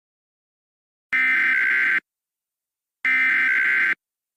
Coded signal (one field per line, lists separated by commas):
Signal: Emergency Alert System (SAME) tones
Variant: header bursts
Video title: EAS Scenario - CATastrophe (4K)